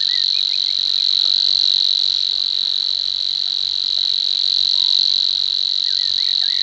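Savi's warbler song, a continuous fast buzzing reel held at a steady pitch throughout, with faint short whistled notes of other birds beneath.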